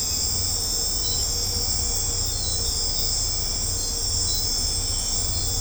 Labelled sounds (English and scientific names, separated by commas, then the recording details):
none
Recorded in secondary vegetation near Puerto Asís, Putumayo, Colombia, on 18 December 2024 at 20:30
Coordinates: 0.502, -76.326
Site G028